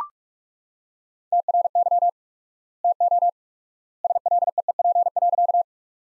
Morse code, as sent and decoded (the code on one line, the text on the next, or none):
- .-. -.-- / - --- / ... .-.. . . .--. .-.-.-
TRY TO SLEEP.